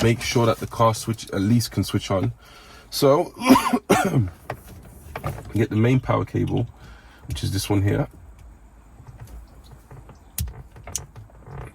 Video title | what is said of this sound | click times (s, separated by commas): Mitsubishi Outlander 2012-2018 Headunit Upgrade Install Apple CarPlay Android Auto Sat-Nav WIFI BT | That's locked into place. | 10.4 s, 11.0 s